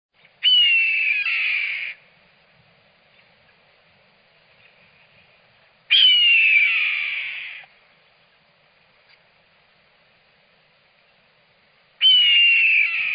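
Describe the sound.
Red-tailed hawk giving long, hoarse, descending screams, each lasting about one and a half seconds, repeated roughly every six seconds, three in all, with quiet between.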